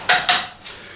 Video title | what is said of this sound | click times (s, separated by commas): Tourist features and using as pram & travel system Joie tourist™ - Product Features | Hear the click, we're good to go, and off we go for our journey. | 0.3 s